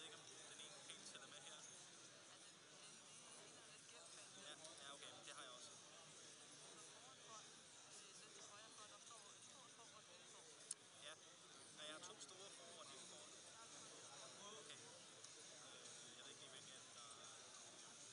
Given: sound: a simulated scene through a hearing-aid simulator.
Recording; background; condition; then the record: conversation; cafeteria; -4 dB SNR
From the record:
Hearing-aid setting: I (fast-acting compression, audibility-based gain); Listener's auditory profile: D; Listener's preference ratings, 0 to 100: 20, 30, 27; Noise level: 65 dB SPL